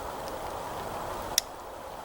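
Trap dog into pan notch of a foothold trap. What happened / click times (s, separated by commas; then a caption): The steel latch snapped into its set position / 1.4 s. The loose jaw of a steel foothold trap is pushed down and the trap dog engages under the pan notch, latching with a single sharp metallic click at 1.4 s over a steady background hiss. The mechanism is seated in its set position.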